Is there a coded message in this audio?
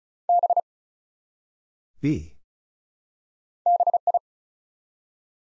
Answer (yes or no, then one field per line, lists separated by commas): yes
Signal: Morse code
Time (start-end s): 0.3-4.2 s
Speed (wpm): 34 wpm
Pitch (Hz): 700 Hz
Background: none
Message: B BI